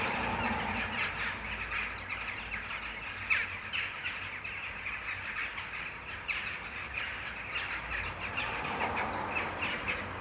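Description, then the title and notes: Jackdaws calling in a busy chorus of clipped, metallic chack notes, more than two per second, many birds overlapping, with a faint low rumble behind. Jackdaws giving territorial calls in the afternoon near sunset, a territorial racket. "ｐａｔｚｒ ｒａｄｉｏ ｎｉｎｅｔｙ－ｓｅｖｅｎ－ｂ - untitled [Jackdaws, mainly]. the jackdaws were so good this afternoon. this territorial racket any day i'm around near sunset"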